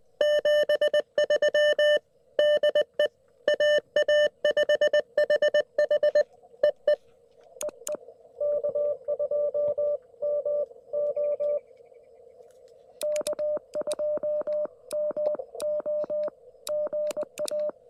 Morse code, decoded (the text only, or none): 73 DE AA5HH EE EE K2MO K2MO GA